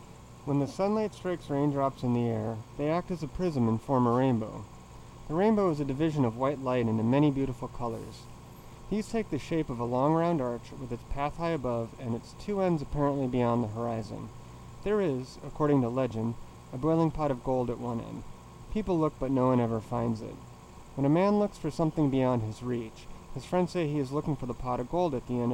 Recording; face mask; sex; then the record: reading aloud; surgical mask; male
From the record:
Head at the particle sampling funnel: tilted down, bridge of the nose in front of it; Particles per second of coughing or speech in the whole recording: 1.56